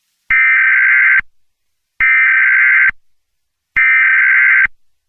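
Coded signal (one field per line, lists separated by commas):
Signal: Emergency Alert System (SAME) tones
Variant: header bursts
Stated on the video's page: Fictional EAS scenario alert for an asteroid impact, made for entertainment and not broadcast; the tones may be valid and are loud.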